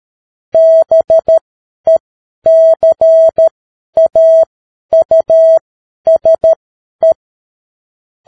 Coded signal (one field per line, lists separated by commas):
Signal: Morse code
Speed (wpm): 13 wpm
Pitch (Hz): 650 Hz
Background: none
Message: BECAUSE